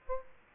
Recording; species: mosquito wingbeat signal from an infrared sensor; Aedes aegypti